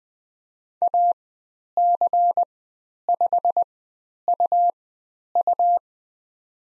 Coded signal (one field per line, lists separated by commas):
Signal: Morse code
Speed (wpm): 20 wpm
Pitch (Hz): 700 Hz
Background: none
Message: AC5UU